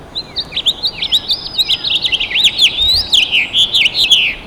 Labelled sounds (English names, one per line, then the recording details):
House Finch song
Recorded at Freeport on Long Island, New York, on 28 May 2013
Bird A